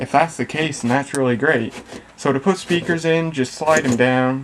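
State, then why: Not seated. Someone talks while handling a detachable speaker unit, about to slide it down into the side mount of a 1984 Panasonic RX-C39 portable stereo boombox. Only speech is heard, with no click or latch sound, and nothing has seated yet.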